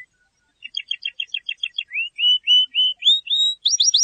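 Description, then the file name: Canary singing a quick series of repeated chirps that gives way to rising slurred whistles, then ends in a fast high trill. "Canary Voice"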